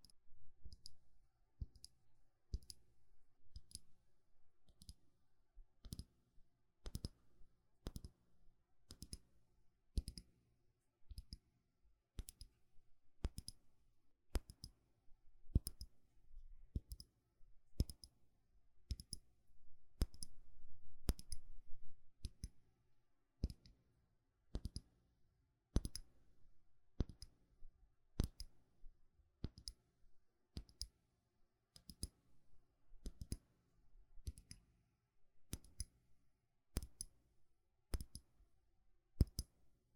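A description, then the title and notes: Random triggers fire as a steady series of sharp, dry clicks, roughly one or two each second across the full forty seconds, each crisp. Between them sits a faint low rumble that swells slightly around the middle. ASMR 30分鐘隨機觸發 | Random Triggers.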